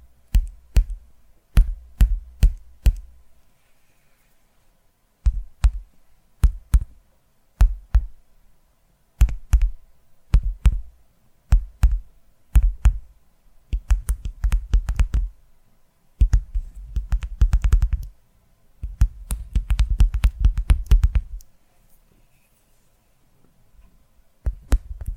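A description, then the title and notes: Dry tapping on a hard surface. Sharp single taps come in small groups with pauses at first, then turn into quicker, denser bursts of rapid tapping and light scratching from about 13 to 21 seconds, before sparse taps resume. ASMR Tapping Through Your Brain Invisible + Triggers (No Talking).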